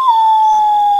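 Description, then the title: Common potoo: one long mournful whistle that slides slightly downward and then holds steady, with a thin high tone running through the background. "vogel-der-woche Common Potoo"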